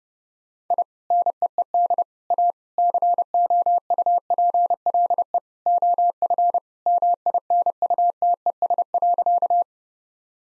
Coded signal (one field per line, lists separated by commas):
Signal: Morse code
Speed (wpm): 30 wpm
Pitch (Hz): 700 Hz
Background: none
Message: I NEED A COUPLE OF MINUTES.